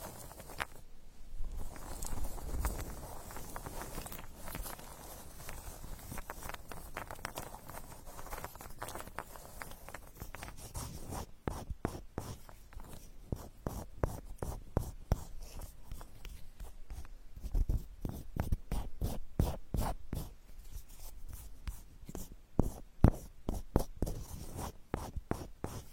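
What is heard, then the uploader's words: Straw therapy ear digging: quick, dry scratching and tapping clicks that grow denser and more regular after about eleven seconds, becoming a rapid steady patter to the end. The first stretch is softer and rustling, with a few low thumps. Unique straw therapy ear digging experience.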